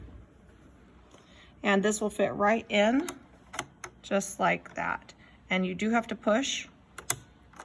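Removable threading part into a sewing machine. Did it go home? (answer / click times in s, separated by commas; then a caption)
yes / 7.1 s. A removable threading part is pushed firmly into its seat on a Bernini 325 sewing machine while someone talks. A sharp click at 7.1 s shows the part seated in place.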